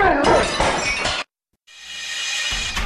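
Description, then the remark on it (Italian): A loud crash of a ceramic teapot shattering, with bright scattering shards, then a brief silence before another dense burst of rattling, crackling noise. “La mia teiera preferita, l'abbiamo rotta, poi l'abbiamo rincollata.”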